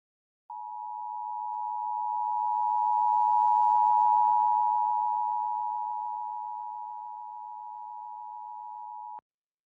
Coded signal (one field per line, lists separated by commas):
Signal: Emergency Alert System (SAME) tones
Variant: 853 and 960 Hz attention tone